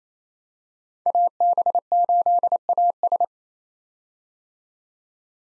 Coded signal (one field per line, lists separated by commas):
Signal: Morse code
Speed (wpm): 28 wpm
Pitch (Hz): 700 Hz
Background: none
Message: AB8AS